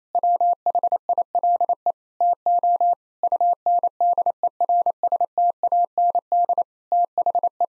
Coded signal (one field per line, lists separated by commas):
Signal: Morse code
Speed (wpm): 28 wpm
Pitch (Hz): 700 Hz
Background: none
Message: WHILE TO UNDERSTAND THE